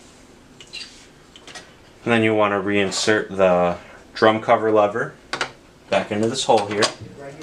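A drum cover lever is being handled for reinsertion into its hole in the frame of a Xerox AltaLink C8000 Series copier, with two faint, brief taps near 0.6 s and 1.4 s. Someone talks from about 2.1 s to the end. Nothing has seated or clicked yet.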